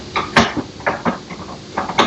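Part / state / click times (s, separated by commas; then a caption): color ink cartridge into inkjet printer carriage / not seated / none. A color ink cartridge is put back into the carriage of an HP DeskJet 2955/2932/2922 inkjet printer to fix an E0 error, with sharp plastic knocks and rattles of handling near 0.4, 1.8 and 2.0 seconds. The clip ends before the cartridge goes home; nothing has seated or clicked yet.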